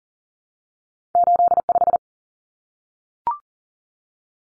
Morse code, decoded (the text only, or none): 85